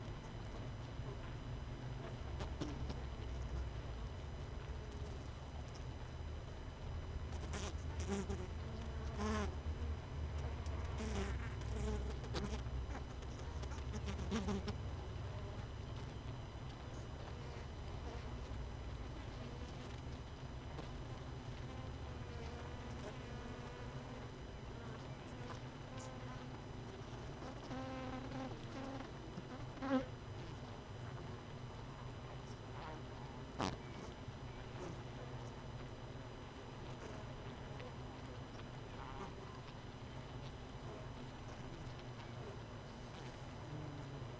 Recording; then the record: honeybee colony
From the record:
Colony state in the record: missing queen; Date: 31 May 2018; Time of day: 18:13